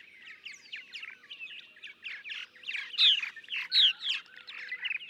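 Purple martin song, soft gurgling chatter growing louder, with a few clear whistled notes standing out.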